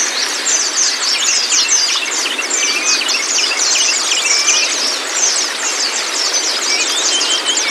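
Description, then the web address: White-eye song: many quick high chirps and thin whistles in a lively, unbroken twittering. Meant to get the bird to open its beak and sing; used for training pleci. "pleci terapi buka paruh. masteran pleci"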